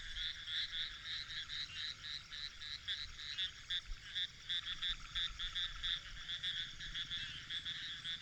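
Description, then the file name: Frogs calling in a dense chorus, rapid high pulsed notes repeating steadily throughout, with faint low rumble beneath. "grenouilles"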